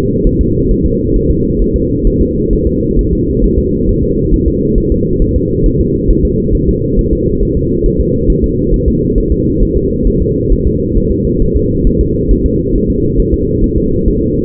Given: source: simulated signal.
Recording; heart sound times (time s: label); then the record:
fetal heart sounds
0.27 s: S1
0.41 s: S2
0.71 s: S1
0.86 s: S2
1.16 s: S1
1.31 s: S2
1.62 s: S1
1.76 s: S2
2.07 s: S1
2.21 s: S2
2.53 s: S1
2.67 s: S2
2.99 s: S1
3.13 s: S2
3.44 s: S1
3.59 s: S2
3.89 s: S1
4.03 s: S2
4.34 s: S1
4.48 s: S2
4.78 s: S1
4.92 s: S2
5.22 s: S1
5.36 s: S2
5.66 s: S1
5.80 s: S2
6.11 s: S1
6.25 s: S2
6.55 s: S1
6.69 s: S2
6.99 s: S1
7.13 s: S2
7.43 s: S1
7.57 s: S2
7.86 s: S1
8.00 s: S2
8.30 s: S1
8.44 s: S2
8.74 s: S1
8.88 s: S2
9.18 s: S1
9.32 s: S2
9.63 s: S1
9.77 s: S2
10.08 s: S1
10.22 s: S2
10.52 s: S1
10.67 s: S2
10.97 s: S1
11.12 s: S2
11.42 s: S1
11.56 s: S2
11.87 s: S1
12.01 s: S2
12.31 s: S1
12.46 s: S2
12.76 s: S1
12.90 s: S2
13.20 s: S1
13.34 s: S2
13.64 s: S1
13.78 s: S2
14.08 s: S1
14.22 s: S2
From the record:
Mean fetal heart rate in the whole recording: 135 bpm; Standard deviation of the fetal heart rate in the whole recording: 3 bpm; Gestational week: 36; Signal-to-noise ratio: -10.2 dB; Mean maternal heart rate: 72 bpm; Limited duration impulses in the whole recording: present